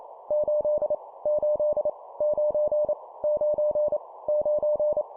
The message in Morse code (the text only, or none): 8 8 9 9 9